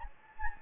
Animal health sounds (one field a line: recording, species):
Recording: mosquito wingbeat signal from an infrared sensor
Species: Anopheles gambiae